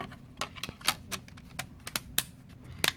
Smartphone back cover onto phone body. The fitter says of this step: the back just snaps back in easy as that very